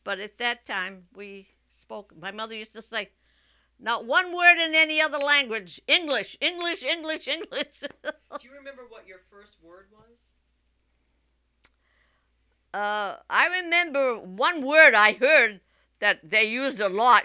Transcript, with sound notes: But at that time we spoke, my mother used to say, "Not one word in any other language. English, English, English, English." ( she laughs )
Do you remember what your first word was?
Uh, I remember one word I heard that they used a lot.